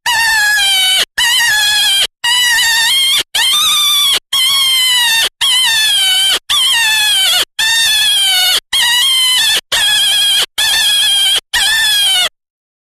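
Jackrabbit distress screams: twelve loud, harsh, harmonic cries, each about a second long and slightly falling, repeated almost every second with short silent gaps.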